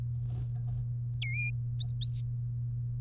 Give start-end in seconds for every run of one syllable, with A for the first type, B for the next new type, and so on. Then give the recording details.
1.22-1.49 A, 1.81-2.23 B. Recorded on 3 May 2018 at 11:48. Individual llb3